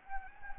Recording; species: mosquito wingbeat signal from an infrared sensor; Anopheles gambiae